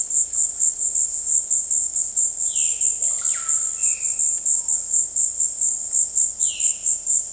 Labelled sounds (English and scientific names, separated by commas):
Violaceous Jay (Cyanocorax violaceus), Russet-backed Oropendola (Psarocolius angustifrons)